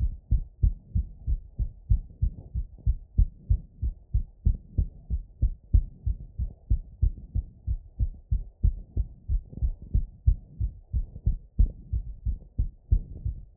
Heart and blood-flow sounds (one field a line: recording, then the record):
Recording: heart sounds by stethoscope after running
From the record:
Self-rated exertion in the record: vigorous exertion (4 of 6)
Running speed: 9 mph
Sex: male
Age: 18 years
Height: 179 cm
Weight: 72 kg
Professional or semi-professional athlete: no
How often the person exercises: 3 to 5 times a week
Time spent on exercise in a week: 3 to 4 hours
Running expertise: yes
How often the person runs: under once a week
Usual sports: weight training, basketball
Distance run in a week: 1 km